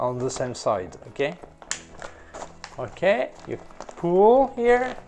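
Someone talks while handling a rod of a Triopo 65 cm (26 in) octobox softbox, working it toward the hub's locking mechanism so it will lock in the open position. A few short handling clicks and rustles sound between the words, but the rod has not yet seated or clicked into place by the end.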